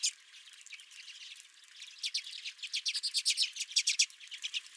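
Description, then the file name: Redpolls chattering: scattered soft notes at first, then a fast run of loud chips in the second half. Several redpolls at the recordist's feeder. "Redpolls at My Feeder"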